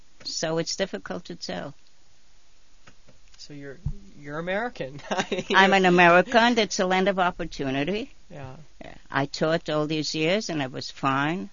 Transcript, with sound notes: So it's difficult to tell.
So you're American. ( he laughs )
I'm in America, and it's the land of opportunity. I taught all these years, and it was fine.